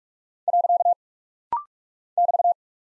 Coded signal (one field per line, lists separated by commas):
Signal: Morse code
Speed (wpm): 46 wpm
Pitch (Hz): 700 Hz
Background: none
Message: . <BT>